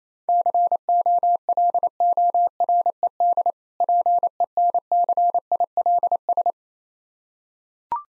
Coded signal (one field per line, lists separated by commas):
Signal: Morse code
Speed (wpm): 27 wpm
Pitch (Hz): 700 Hz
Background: none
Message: COLORED PENCILS